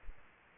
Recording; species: mosquito wingbeat signal from an infrared sensor; Aedes aegypti